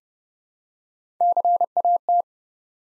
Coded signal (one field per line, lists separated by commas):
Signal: Morse code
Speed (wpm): 30 wpm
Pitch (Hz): 700 Hz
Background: none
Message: CAT